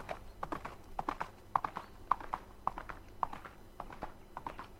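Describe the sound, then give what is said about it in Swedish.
Horse hooves trot in a steady, repeating clip-clop rhythm as riders head off to Tulipagården, each sharp hollow knock ringing out clearly with no voices over it for nearly five seconds. “Vi redde iväg till tulipagården.”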